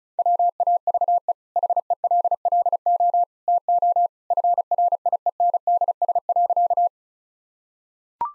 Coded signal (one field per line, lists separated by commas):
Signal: Morse code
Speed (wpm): 36 wpm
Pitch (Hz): 700 Hz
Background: none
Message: WAVE HELLO TO FRIENDS.